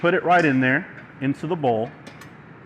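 A paddle attachment is being guided up toward the attachment shaft of a Hobart HL200 commercial stand mixer, using the guides, into the bowl, while someone talks. Only speech and faint handling are heard, and the paddle has not yet clicked or locked into place by the end.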